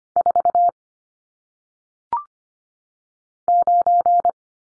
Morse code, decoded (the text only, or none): 4 9